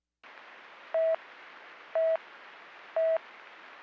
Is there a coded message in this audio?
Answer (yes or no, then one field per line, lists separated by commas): no